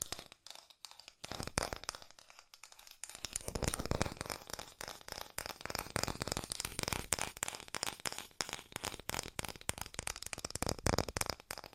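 Fast tapping in crisp, dry clicks, sparse with short pauses for the first three seconds, then a dense, unbroken rapid patter with a slight crinkly texture.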